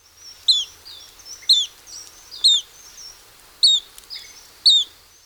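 Black phoebe calls: sharp high chip notes repeated about once a second, with faint softer chirps in between.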